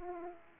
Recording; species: mosquito wingbeat signal from an infrared sensor; Aedes aegypti